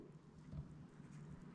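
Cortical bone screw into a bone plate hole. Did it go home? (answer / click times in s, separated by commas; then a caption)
no / none. A 36 mm self-tapping cortical bone screw is offered up to a hole in a bone plate, lined up before being turned counter-clockwise to snap into the plate's threads. Only soft, low handling noise is heard, with a slightly louder bump around 0.6 s. Nothing has clicked or seated yet; this is only positioning.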